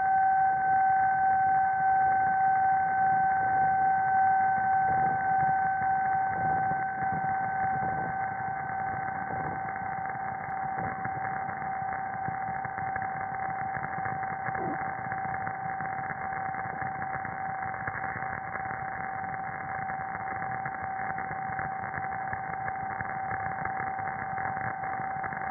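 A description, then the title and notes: Electromagnetic interference from the surroundings, picked up as a steady electrical drone with a clear whistling tone and a fainter higher one above it, over a rough, buzzing hiss. Soft clicks and ticks break through in the first half, and the level eases slightly over time. I've been collecting more Electromagnetic Frequencies or EMF from the local environment - this time scavenging sounds from various sources in the small apartment I live in. The EMF flutters, whistles, tones and crackling like the cryptic calls and cries of insects, birds and animals in an environment.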